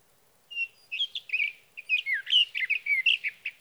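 Sage thrasher singing a hurried, continuous warble of sweet whistles and scratchy notes, briefly pausing before the phrases tumble on again.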